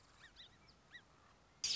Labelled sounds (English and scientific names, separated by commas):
Song Sparrow (Melospiza melodia)